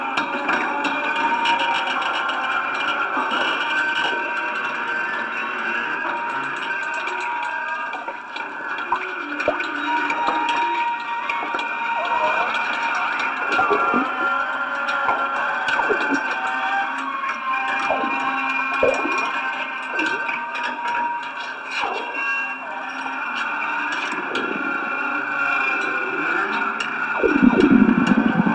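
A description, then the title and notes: An amplified chair is bowed, giving a dense, steady layer of scraping, ringing tones with sustained pitches in the middle and upper range. Shorter groans and creaks slide through now and then, and a louder low thud and scrape arrives near the end. I was sitting in the desert bowing an amplified chair and some other things.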